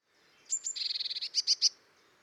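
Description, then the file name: Eurasian blue tit calling: a couple of thin high notes, then a rapid buzzy churring run of notes ending in three louder sharp chirps. "Cyanistes caeruleus"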